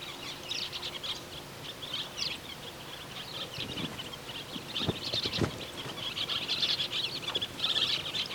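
Andean parakeet chattering calls, a dense run of high, scratchy chirps overlapping throughout, with a few low clicks midway.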